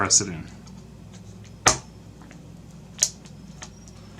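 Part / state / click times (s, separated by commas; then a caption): RAM module into motherboard memory slot / seated / 3.0 s. Someone talks while a RAM stick is pressed down into a motherboard DIMM slot. The retention latch on the left side snaps shut with a sharp click at 3.0 s, showing the module is inserted properly and seated.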